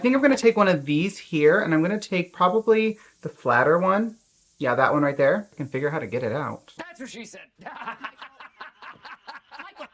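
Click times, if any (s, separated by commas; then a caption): none. Someone talks while picking out the flatter of several plastic applicator heads and working it out of its holder to fit onto a makeup applicator handle, with laughter. Toward the end, faint short taps of handling are heard around 8.4, 8.6 and 9.1 seconds. Nothing has clicked into the handle yet.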